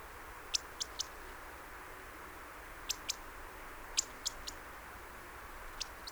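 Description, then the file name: European robin giving short, sharp ticking calls, singly and in quick pairs or triplets, over a steady background hiss. "Erithacus rubecula"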